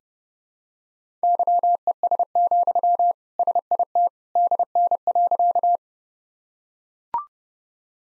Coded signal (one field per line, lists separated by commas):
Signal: Morse code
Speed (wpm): 30 wpm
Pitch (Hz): 700 Hz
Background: none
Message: YES, SIT DN.